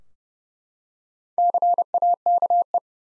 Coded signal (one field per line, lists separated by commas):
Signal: Morse code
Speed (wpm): 32 wpm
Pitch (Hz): 700 Hz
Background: none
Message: CAKE